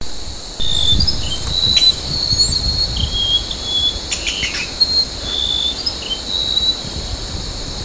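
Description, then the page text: Golden-bellied gerygone song: thin, high whistled notes, some short and level, others sliding upward, scattered throughout over a steady high insect drone. Recorded at Rafflesia Centre, Borneo, on 16 August 2009. "Sound of Golden-bellied Gerygone at Rafflesia Centre by NELSON, Mike"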